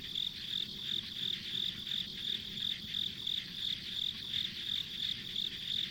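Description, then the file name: Insects chirping: a steady high pulsed trill repeating about three times a second over a continuous shrill chorus, with a faint low rumble beneath. Insects as ambient sound on a country road. "田舎道の虫の環境音"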